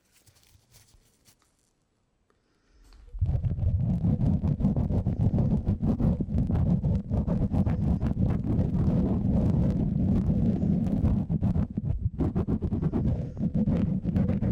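A brush swishes across a microphone. After about three seconds of near silence with faint light sounds, a dense, steady rubbing begins and continues to the end, a heavy low rumble laced with quick scratchy bristle strokes.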